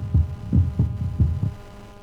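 Low, regular lub-dub thumps at about 90 a minute: normal first and second heart sounds of an adult, heard by stethoscope. The first is relatively long and bounding, from the contracting heart muscle and the closing of the valves between atria and ventricles; the second is short and sharp, the aortic and pulmonary valves slamming shut as the heart relaxes.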